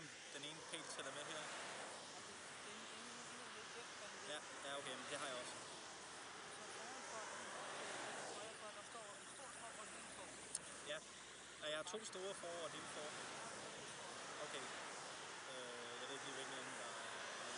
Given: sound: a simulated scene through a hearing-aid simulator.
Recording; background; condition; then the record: conversation; traffic; -4 dB SNR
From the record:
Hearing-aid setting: II (fast-acting compression, audibility-based gain, advanced features for about 2.5 dB of SNR improvement); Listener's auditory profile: C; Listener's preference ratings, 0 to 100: 0, 13, 25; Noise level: 75 dB SPL